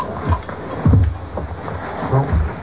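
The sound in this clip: Moose grunts, a few short low-pitched grunts spaced irregularly.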